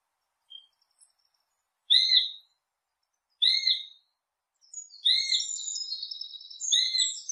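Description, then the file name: Hawk: a few faint notes, two sharp screams, then a stretch of continuous wavering calling. Hawk calling while hunting prey. "Tieng dieu hau san moi"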